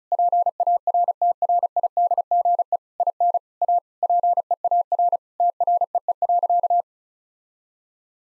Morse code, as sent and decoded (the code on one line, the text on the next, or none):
.--. .- .-. - .-. .. -.. --. . / .. -. / .- / .--. . .- .-. / - .-. . . .-.-.-
PARTRIDGE IN A PEAR TREE.